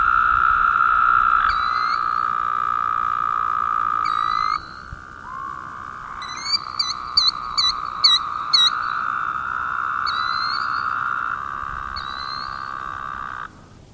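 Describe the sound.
Woodhouse's toad droning, long buzzy bleats that overlap and shift slightly in pitch, with short high chirps scattered over them.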